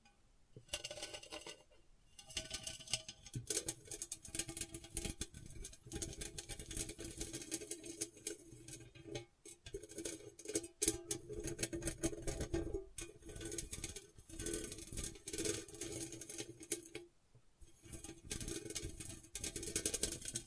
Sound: ASMR Gentle Scratching